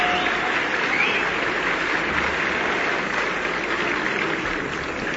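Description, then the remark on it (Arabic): A large audience applauds steadily, greeting an Arab singer and his orchestra as the curtain opens at a 1956 concert, the performer bowing in return; a dense, even wash of clapping that holds at full strength for several seconds without easing off. “وأخذ الجمهور يحيي الفنان العربي الأصيل وهو يبادر الجمهور تحية بتحية فينحني له.”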